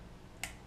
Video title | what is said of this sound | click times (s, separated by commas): Smith Optics Sunglasses Review | They kind of lock into place, just like that. | 0.4 s